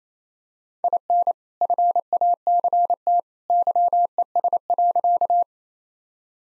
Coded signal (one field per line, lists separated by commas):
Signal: Morse code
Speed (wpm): 28 wpm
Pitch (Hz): 700 Hz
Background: none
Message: IN FACT YES.